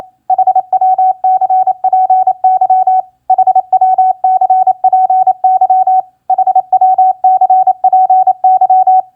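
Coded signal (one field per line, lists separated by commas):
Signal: Morse code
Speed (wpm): 27 wpm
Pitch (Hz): 750 Hz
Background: none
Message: HWCPY HWCPY HWCPY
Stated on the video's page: Morse practice of common QSO elements at 28 wpm.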